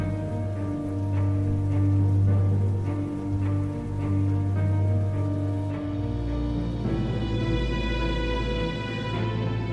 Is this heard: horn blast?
no